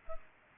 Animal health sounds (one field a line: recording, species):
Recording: mosquito wingbeat signal from an infrared sensor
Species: Culex pipiens